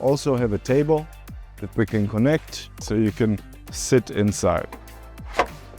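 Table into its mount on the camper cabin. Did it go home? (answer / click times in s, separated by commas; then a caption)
yes / 5.4 s. A fold-out table is slid into its mount on an aluminium camper cabin while someone talks, and it latches with a sharp hit at 5.4 seconds. The table slides in and locks in place, seated in its mount.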